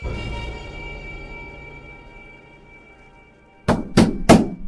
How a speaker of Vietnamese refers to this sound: Ba tiếng gõ cửa dồn dập vọng ra từ ngoài cổng